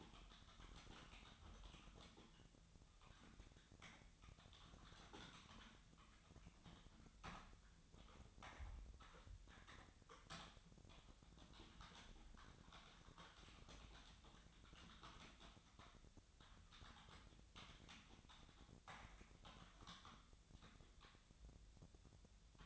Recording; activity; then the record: daily activity, microphone in the room; typing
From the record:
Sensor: 3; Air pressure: 1009.4 hPa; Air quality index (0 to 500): 196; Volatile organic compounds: 16 ppm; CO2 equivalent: 2552 ppm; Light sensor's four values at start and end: 35/86/37/39 and 34/84/36/39